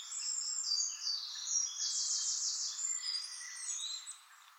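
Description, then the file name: European robin song, a dense, very high warbling stream with a fast buzzy trill in the middle, fading out at the close. "Erithacus rubecula"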